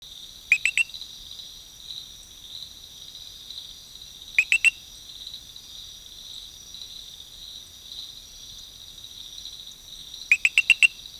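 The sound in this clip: Eleutherodactylus frog calls in three bursts of a few quick, high clicking notes, spaced several seconds apart, over a steady insect drone.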